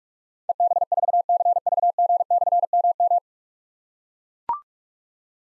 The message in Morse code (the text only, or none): EB4CVG/MM